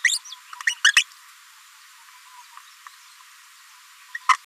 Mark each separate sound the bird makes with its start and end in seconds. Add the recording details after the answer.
0.04-0.18, 0.67-0.74, 0.84-0.92, 4.15-4.17, 4.29-4.33. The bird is a female. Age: 27 days. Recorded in a nest box in Venezuela. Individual 17B73B2